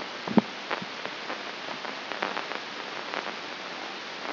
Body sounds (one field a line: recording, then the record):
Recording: brain microelectrode recording played as sound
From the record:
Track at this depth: outside the subthalamic nucleus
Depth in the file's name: 6.669 mm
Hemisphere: left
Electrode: 2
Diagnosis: Parkinson's disease